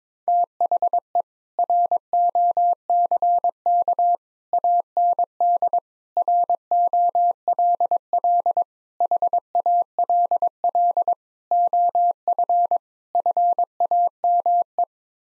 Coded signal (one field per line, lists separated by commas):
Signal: Morse code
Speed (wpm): 22 wpm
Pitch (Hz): 700 Hz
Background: none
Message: THE ROCK AND ROLL HALL OF FAME